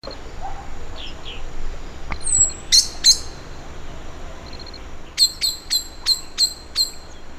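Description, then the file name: Common blackbird chink calls: a pair of hard clicking notes, then a run of six evenly spaced metallic chinks, with faint soft notes. "Turdus merula"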